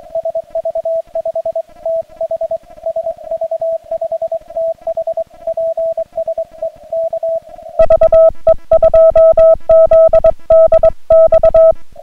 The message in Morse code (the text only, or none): SV5TH SV5TH PSE K VE2ZDX